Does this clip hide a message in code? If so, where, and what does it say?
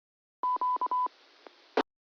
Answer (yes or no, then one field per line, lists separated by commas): no